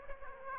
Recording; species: mosquito wingbeat signal from an infrared sensor; Aedes aegypti